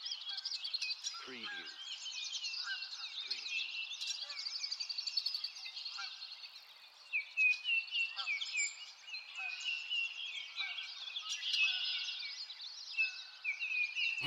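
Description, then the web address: Birds singing in a dense chorus of overlapping high chirps, trills and whistles, with a few lower short calls and occasional brief clicks. Birds in a forest. "lynne-publishing Nature Ambience Birds In a Forest"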